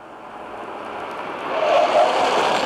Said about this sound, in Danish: Puha, det kunne sandelig let være gået galt, men heldigvis nåede bilen at standse op lige før den ramte drengen.